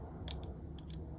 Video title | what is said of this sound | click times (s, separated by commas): How to Setup the Flipper Zero | there you go did you hear the click | 0.3 s